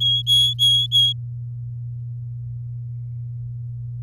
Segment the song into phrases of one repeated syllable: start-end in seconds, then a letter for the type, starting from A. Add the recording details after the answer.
0.00-1.13 A. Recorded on 11 May 2018 at 06:23. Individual llb16